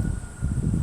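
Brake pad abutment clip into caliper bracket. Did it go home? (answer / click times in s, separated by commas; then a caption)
no / none. A metal brake pad abutment clip, which fits only one way, is handled and pressed toward the caliper bracket of a front disc brake on a 2009 Jeep Patriot Sport. Only low, rumbling handling noise with a steady faint high tone is heard, with no distinct click. The clip has not snapped or seated yet.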